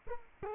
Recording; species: mosquito wingbeat signal from an infrared sensor; Culex quinquefasciatus